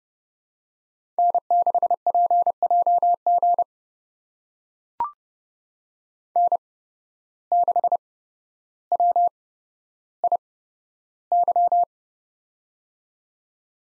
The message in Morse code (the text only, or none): N6PJG N6WIY